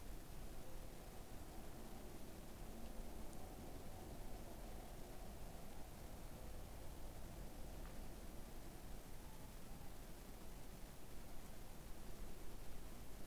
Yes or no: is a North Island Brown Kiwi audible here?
no